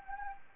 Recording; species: mosquito wingbeat signal from an infrared sensor; Anopheles gambiae